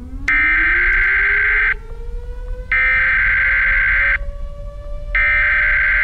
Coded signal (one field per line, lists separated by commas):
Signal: Emergency Alert System (SAME) tones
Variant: header bursts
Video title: "EAS" (Emergency Alert System) — A Thriller Short Film on Nuclear War - Shot on Lumix G7